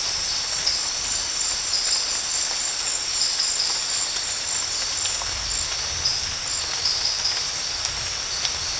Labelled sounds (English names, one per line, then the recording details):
none
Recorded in dense forest near Puerto Asís, Putumayo, Colombia, on 13 March 2025 at 22:30
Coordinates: 0.484, -76.325
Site G045